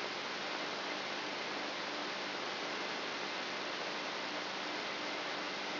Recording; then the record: brain microelectrode recording played as sound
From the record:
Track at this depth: outside the subthalamic nucleus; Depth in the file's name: 1.539 mm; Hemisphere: left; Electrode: 3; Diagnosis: Parkinson's disease